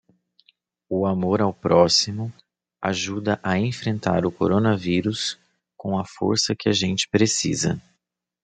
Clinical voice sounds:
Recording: spoken sentence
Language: Brazilian Portuguese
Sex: male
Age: 30 to 39 years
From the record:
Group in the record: control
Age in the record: 38 years

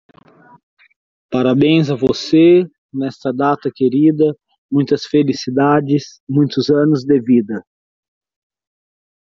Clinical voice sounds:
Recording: short text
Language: Brazilian Portuguese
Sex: male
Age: 40 to 49 years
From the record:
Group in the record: control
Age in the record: 42 years

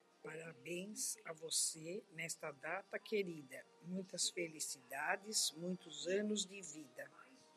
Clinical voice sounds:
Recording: short text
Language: Brazilian Portuguese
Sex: female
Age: 60 to 69 years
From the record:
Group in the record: control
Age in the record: 62 years

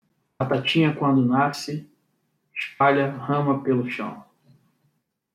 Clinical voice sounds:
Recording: short text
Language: Brazilian Portuguese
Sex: male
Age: 40 to 49 years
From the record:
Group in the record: control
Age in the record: 40 years

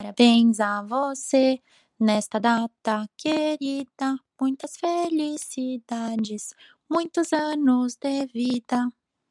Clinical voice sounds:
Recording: short text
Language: Brazilian Portuguese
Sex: female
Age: 20 to 29 years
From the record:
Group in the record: control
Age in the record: 25 years

